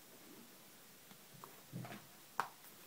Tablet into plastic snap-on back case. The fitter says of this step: and there we go so it's a nice little click and that's it so that's actually intact